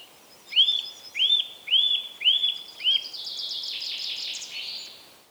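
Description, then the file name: Eurasian nuthatch calls: five loud, clear rising-falling whistled notes about half a second apart, followed by a busier chattering trill. "Sitta europaea"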